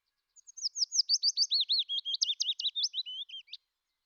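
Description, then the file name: Willow warbler song, one full phrase of clear whistled notes tumbling gently downward over about three seconds; background otherwise silent. "fitis"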